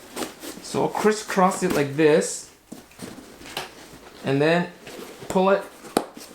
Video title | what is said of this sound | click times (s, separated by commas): Peak Design Unboxing: Everyday Totepack, 6l Sling, Field Pouch | mix that snap sound and then pull it tighter like | 6.0 s